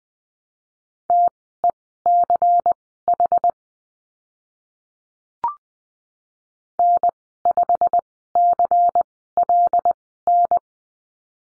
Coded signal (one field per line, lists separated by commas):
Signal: Morse code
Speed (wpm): 20 wpm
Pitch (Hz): 700 Hz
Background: none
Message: TECH N5CLN